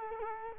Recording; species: mosquito wingbeat signal from an infrared sensor; Culex quinquefasciatus